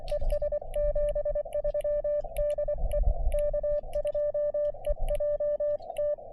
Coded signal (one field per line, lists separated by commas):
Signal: Morse code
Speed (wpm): 24 wpm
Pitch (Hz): 590 Hz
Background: none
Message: ES 73 DE K2EJT